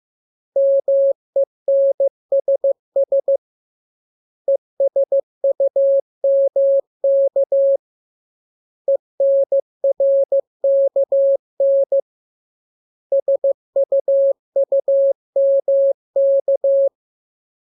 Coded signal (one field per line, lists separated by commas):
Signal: Morse code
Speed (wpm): 15 wpm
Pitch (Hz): 550 Hz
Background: none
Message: MENSS ESUMK ENRKN SUUMK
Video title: Learning Morse Code. Lesson 6. Letter KMURES N